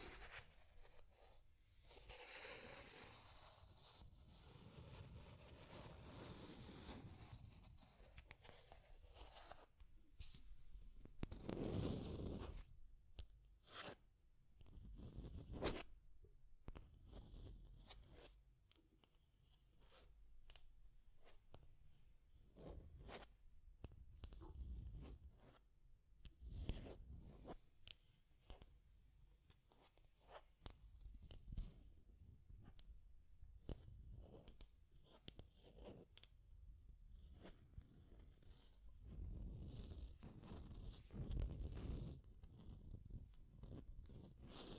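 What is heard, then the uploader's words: Deep scratching sounds, with rough strokes coming in irregular bursts throughout, some short and sharp, others longer and dragging. The scratches are mostly low and thick with a brighter rasp on top, and a louder cluster falls around twelve to sixteen seconds. ASMR Deep Scratching. (No Talking).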